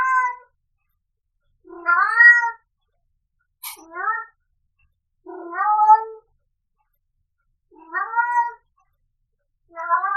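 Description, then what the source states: Cat meowing: six drawn-out, slightly rising then falling meows, roughly one every two seconds, with a brief sharp click between the second and third. Adult cat meowing.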